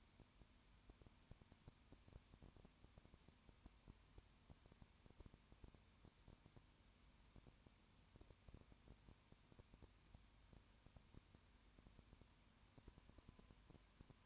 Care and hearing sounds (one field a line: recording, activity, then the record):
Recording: daily activity, microphone in the room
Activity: no activity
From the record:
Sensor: 2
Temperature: 20.8 degrees Celsius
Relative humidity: 38.3%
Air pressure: 1010.4 hPa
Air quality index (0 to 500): 200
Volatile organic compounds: 19 ppm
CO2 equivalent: 2652 ppm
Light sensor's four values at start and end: 2/3/2/2 and 2/3/2/2